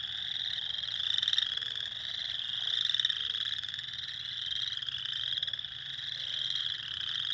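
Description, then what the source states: Spring peepers calling in a dense chorus, high rising peeps overlapping continuously with a steady shrill ringing; faint low-pitched short notes underneath. Recorded on 2021-04-06.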